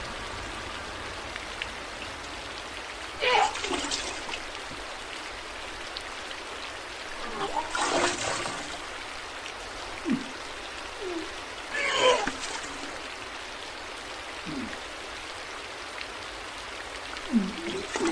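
Puking sounds: loud, rough retching bursts break in around three seconds, again near eight seconds, and around twelve seconds, with shorter gulping and splashing noises between them. A steady low hiss runs underneath the whole time.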